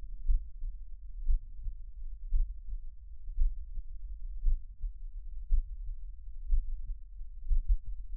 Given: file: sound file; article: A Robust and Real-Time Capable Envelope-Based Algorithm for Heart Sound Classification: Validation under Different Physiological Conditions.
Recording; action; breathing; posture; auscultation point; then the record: heart sounds by electronic stethoscope; rest; normal; sitting; sternum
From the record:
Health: healthy, no known heart disease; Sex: male